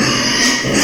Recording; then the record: squeal of a Yucatan mini pig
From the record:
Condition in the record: before surgery on the right vocal fold (resection and tissue-engineered implant); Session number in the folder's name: 2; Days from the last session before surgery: 0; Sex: male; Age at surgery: 12 weeks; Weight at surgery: 13 kg